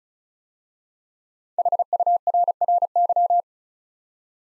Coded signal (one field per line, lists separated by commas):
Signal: Morse code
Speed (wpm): 36 wpm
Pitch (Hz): 700 Hz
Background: none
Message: HURRY